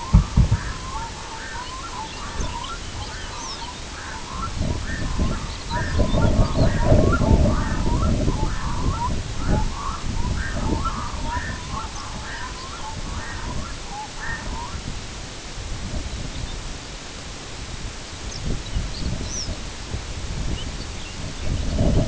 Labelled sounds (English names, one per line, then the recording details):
Red-throated Loon
Lapland Longspur
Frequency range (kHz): Red-throated Loon 0.6-2.2 kHz; Lapland Longspur 2.2-6.9 kHz
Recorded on Arctic tundra, site IGLO-B, on 22 June 2018
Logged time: 21:59